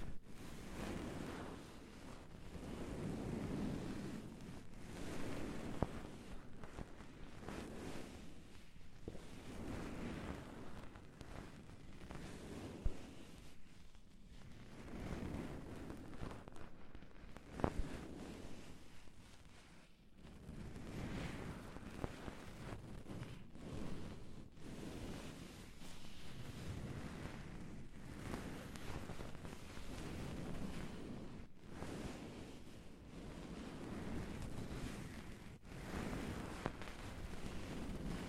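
Ear cleaning sounds fill the whole clip as a dense, continuous rustling and scratching that swells and eases in slow waves, heavy in the low end with a hissy top. Sharp taps stand out around 13, 17 and 31 seconds, with a brief lull near 20 seconds.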